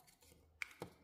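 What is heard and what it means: The flex connector of a replacement battery is pressed onto its logic board socket in an Oppo Find X3 Pro phone. A sharp, bright click at 0.6 s is followed by a softer, lower tap at 0.8 s. The battery connector is seated.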